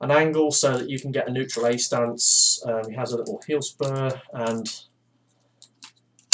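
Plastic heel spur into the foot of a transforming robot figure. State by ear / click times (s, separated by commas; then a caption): seated / 6.3 s. Someone talks, then handles a transforming robot toy figure with a few small clicks as its plastic heel spur is moved on the foot. The heel spur clicks into place in the foot at 6.3 s and locks, after which it can bend backwards for the transformation.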